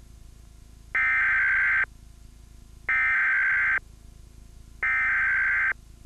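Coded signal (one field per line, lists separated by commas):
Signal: Emergency Alert System (SAME) tones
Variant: header bursts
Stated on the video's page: Real child abduction alert from 2004, taken from a VHS recording.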